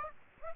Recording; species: mosquito wingbeat signal from an infrared sensor; Aedes aegypti